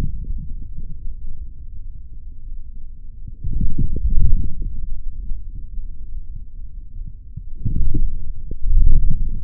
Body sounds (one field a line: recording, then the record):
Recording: forearm muscle sounds (acoustic myography)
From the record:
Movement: forearm pronation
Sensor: system 3, bracelet of six PUI Audio POM-2738L microphones around the upper forearm, with dedicated amplification and filtering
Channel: 5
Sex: male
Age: 26 years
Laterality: right